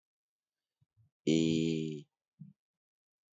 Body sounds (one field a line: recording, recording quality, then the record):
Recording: sustained vowel as in made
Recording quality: excellent, no background noise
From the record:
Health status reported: healthy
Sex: male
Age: 25 years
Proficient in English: yes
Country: India